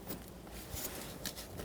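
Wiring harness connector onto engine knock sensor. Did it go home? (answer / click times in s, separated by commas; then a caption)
no / none. A wiring harness connector is lined up by hand with the new engine knock sensor on a 2014-2019 Toyota Corolla 1.8L L4, with soft handling noises and brief small knocks around 0.3 s and 1.3 s over a low background hum. The connector has not seated or clicked onto the sensor yet.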